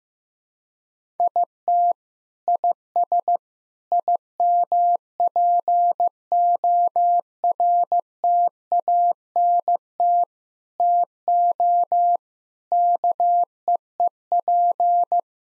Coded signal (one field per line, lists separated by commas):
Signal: Morse code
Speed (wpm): 15 wpm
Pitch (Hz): 700 Hz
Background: none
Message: IT IS IMPORTANT TO KEEP